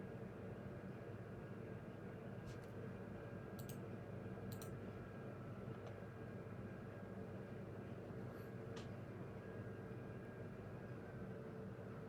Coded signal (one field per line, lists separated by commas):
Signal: FT8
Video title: Real time FT8 Session (AKA Watching Paint Dry) #3 - Can we climb the band ladder?